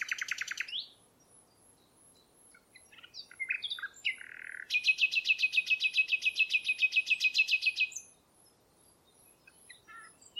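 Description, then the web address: Bird giving high chirps, then a few scattered notes, then a long buzzy trill of rapid, evenly repeated notes that lasts about three seconds before stopping. "Bird Only"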